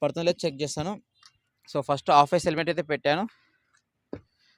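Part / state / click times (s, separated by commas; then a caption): scooter seat lid latching onto the under-seat storage boot / seated / 4.1 s. Someone talks while a half-face helmet is placed in the under-seat boot of a TVS Orbiter scooter, then the seat lid is closed. A sharp click at 4.1 s marks the lid latching onto the boot, and it locks easily with no problem.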